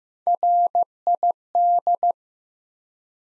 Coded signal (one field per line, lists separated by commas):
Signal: Morse code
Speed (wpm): 15 wpm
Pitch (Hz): 700 Hz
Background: none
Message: RID